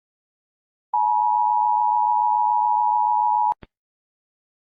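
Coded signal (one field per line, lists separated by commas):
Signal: Emergency Alert System (SAME) tones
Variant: 853 and 960 Hz attention tone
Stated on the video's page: Joke Comcast cable Emergency Alert System "bongo-quake" warning.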